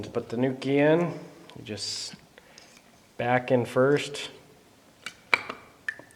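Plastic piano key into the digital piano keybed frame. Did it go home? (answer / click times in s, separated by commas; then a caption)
yes / 5.3 s. Someone talks while a plastic key from an older Yamaha Clavinova digital piano (CVP-65) is pushed back into its mount in the keybed frame. After a few faint ticks and small knocks, the key snaps into place with a sharp click at 5.3 seconds, seating it in the keybed.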